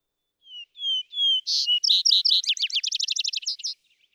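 Vesper sparrow song: a few clear, slightly falling whistled notes, then buzzy notes and a fast trill, lasting about three seconds.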